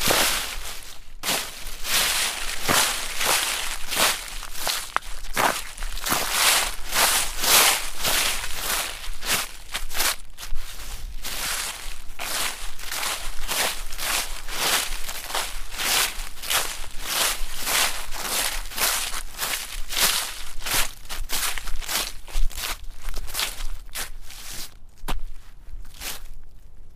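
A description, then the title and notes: Footsteps crunch steadily through dry autumn leaves outdoors, a brisk regular walking rhythm of bright, crackling steps lasting throughout. Crunching Through The Autumn Leaves.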